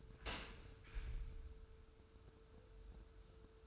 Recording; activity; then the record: daily activity, microphone in the room; open dishwasher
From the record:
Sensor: 2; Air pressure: 1014.8 hPa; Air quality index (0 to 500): 25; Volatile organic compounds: 0 ppm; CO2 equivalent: 501 ppm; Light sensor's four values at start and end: 9/22/9/9 and 9/22/9/9